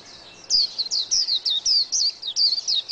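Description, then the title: White-eye song: high, thin, down-slurred whistles repeated rapidly after a moment of quiet. "Pleci. Burung"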